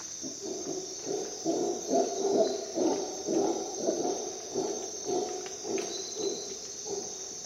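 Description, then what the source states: Howler monkey: rough, pulsing howls roughly twice a second that swell and fade, set against a continuous shrill insect chorus. Howler monkeys calling at dawn in the Costa Rica jungle, on an expedition.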